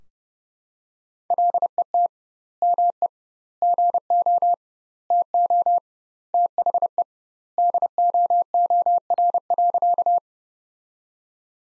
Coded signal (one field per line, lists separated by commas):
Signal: Morse code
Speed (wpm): 30 wpm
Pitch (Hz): 700 Hz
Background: none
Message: LET ME GO TO THE DOOR.